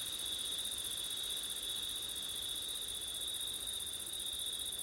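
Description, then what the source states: Crickets chirring nonstop, a thin, very high steady trill layered at two pitches, nothing else clearly audible. Crickets on a September night in wind.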